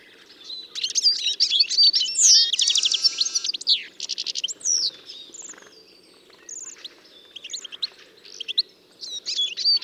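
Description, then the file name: European goldfinch twittering: a loud, dense run of liquid chirps and buzzy trills, then scattered high tinkling notes fading and returning. "Carduelis carduelis"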